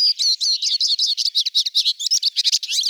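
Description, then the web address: Eurasian siskin giving rapid, high, thin twittering notes in a continuous chattering stream, with buzzy chirps running together throughout. "Carduelis spinus"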